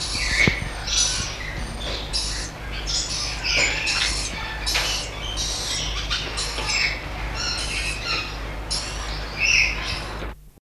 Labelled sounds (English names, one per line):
Cardinal Lory call